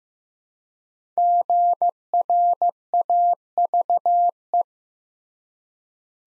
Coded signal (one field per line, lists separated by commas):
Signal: Morse code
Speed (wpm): 15 wpm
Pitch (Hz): 700 Hz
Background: none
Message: GRAVE